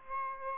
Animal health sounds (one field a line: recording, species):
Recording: mosquito wingbeat signal from an infrared sensor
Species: Aedes aegypti